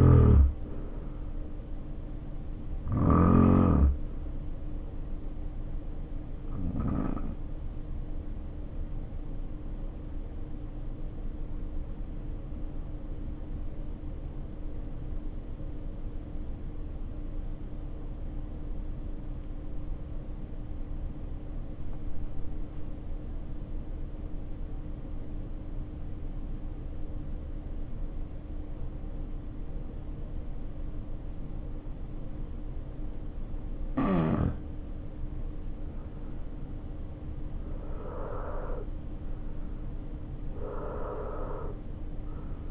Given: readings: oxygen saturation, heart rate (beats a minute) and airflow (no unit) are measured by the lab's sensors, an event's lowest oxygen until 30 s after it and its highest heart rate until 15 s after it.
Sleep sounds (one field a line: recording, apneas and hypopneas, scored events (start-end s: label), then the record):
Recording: breathing in sleep by a smartphone at the bedside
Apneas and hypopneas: 1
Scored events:
6.00-35.40 s: hypopnea (N1, oxygen 93% highest, then 75% lowest, heart rate 52 at the start, 76 highest)
19.00-42.71 s: new sleep stage, N2 (light sleep)
From the record:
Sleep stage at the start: N1 (lightest sleep)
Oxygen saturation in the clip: 77 to 93%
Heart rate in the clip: 50 to 76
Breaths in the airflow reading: 8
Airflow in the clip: -3.8 to 6.2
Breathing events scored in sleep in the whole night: 520 in 7.2 hours asleep